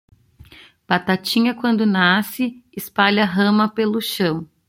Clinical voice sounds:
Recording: short text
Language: Brazilian Portuguese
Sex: female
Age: 30 to 39 years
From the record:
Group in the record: control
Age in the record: 36 years

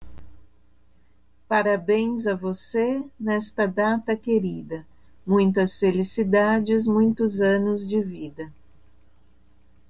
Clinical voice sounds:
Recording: short text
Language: Brazilian Portuguese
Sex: female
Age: 50 to 59 years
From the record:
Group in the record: control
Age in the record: 56 years

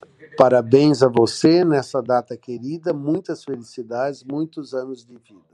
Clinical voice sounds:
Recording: short text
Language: Brazilian Portuguese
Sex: male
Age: 50 to 59 years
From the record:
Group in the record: control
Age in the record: 56 years

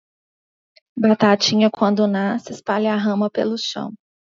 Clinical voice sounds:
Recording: short text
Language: Brazilian Portuguese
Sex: female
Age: 30 to 39 years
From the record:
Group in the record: control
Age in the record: 33 years

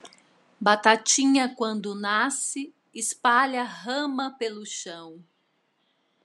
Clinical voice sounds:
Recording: short text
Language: Brazilian Portuguese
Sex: female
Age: 40 to 49 years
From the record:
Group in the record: control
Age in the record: 42 years

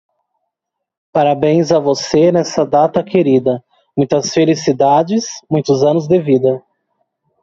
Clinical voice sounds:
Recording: short text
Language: Brazilian Portuguese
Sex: male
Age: 30 to 39 years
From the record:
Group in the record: control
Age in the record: 31 years

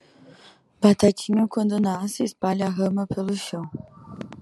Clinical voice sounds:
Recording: short text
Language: Brazilian Portuguese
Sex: female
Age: 20 to 29 years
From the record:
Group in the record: control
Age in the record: 23 years

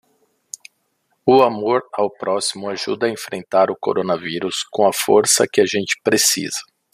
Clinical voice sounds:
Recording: spoken sentence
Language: Brazilian Portuguese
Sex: male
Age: 40 to 49 years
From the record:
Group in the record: control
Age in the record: 46 years

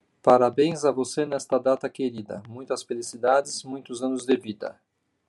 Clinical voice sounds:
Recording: short text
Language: Brazilian Portuguese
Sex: male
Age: 50 to 59 years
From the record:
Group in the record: control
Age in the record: 58 years

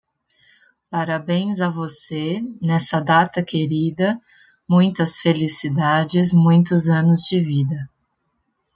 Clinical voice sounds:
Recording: short text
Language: Brazilian Portuguese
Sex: female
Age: 30 to 39 years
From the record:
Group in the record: control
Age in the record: 35 years

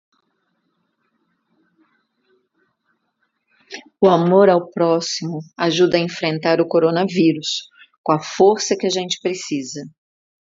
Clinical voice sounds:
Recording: spoken sentence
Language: Brazilian Portuguese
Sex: female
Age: 40 to 49 years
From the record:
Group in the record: control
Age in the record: 49 years

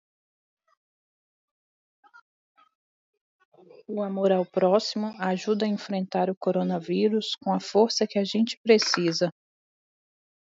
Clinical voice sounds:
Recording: spoken sentence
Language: Brazilian Portuguese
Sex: female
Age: 20 to 29 years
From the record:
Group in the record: control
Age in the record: 28 years

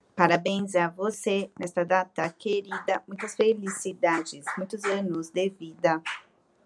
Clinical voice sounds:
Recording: short text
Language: Brazilian Portuguese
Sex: female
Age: 30 to 39 years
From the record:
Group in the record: control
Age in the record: 35 years

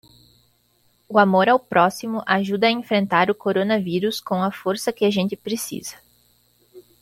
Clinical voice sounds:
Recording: spoken sentence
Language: Brazilian Portuguese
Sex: female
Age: 20 to 29 years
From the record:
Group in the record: control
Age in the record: 23 years

